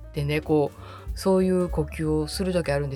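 An adult imitates agonal gasping: snore-like breaths made through the mouth, with short voiced "ah, ah" sounds. These gasps do not mean the person is breathing normally; breathing should be checked by watching whether the chest moves.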